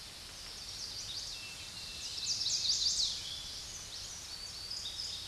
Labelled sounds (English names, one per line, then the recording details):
Chestnut-sided Warbler song
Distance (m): 30 m
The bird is about 5 m above the microphone
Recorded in a Pennsylvania forest on 16 May 2024 at 06:25
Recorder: AudioMoth, point MSD-2007
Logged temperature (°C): 16.1 °C
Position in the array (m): 11 m, 18 m